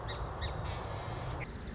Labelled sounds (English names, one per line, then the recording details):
Song Sparrow
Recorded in Sonoma County, California